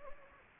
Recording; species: mosquito wingbeat signal from an infrared sensor; Anopheles gambiae